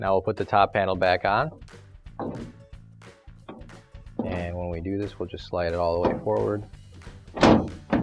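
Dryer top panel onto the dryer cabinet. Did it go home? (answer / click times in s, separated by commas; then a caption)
yes / 7.4 s. A Frigidaire dryer's metal top panel is lowered back onto the dryer cabinet and pushed all the way forward while someone talks over background music. It snaps into place with a thunk at 7.4 s, seated.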